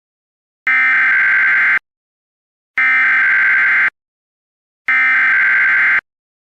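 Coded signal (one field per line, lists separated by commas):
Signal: Emergency Alert System (SAME) tones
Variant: header bursts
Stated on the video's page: Fictional EAS scenario based on a webcomic, not a real alert.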